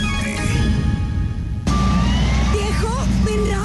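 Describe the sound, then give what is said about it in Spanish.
A tow truck hauls a car away: a heavy engine rumbles steadily with a whining mechanical hum, shifting abruptly partway through, then wavering higher tones and faint voices rise over the drone. “La grúa se está llevando el carro.”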